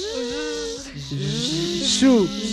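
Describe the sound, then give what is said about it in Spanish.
Several voices make a sustained, droning buzz with a hissy edge, imitating a bee. The pitches waver and slide over a couple of seconds, with a louder swell near the end. “Hagamos todos como una abeja.”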